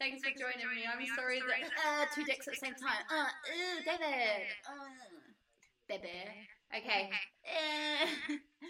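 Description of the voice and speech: An adult woman's sign-off is interrupted by an out-of-place obscene phrase and drawn-out syllables, vocal tics of Tourette syndrome.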